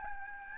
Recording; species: mosquito wingbeat signal from an infrared sensor; Aedes albopictus